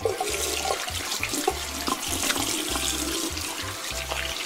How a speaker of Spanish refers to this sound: Ay, qué bueno que tenías agua para lavarte las manos. Las traías muy sucias, ¿eh?